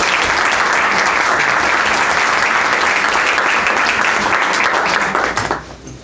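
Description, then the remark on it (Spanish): A crowd applauds the remaining speakers at a talk, a dense wash of many hands clapping at a loud, even level for about five seconds before it quickly fades out. “Bueno, un aplauso para el resto.”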